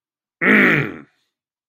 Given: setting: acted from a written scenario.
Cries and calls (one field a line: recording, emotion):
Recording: vocal sound without words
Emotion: anger